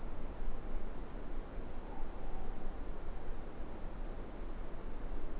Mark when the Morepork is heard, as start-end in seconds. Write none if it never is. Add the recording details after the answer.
1.67-3.02. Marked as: faintness 4/5. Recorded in New Zealand. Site Eglinton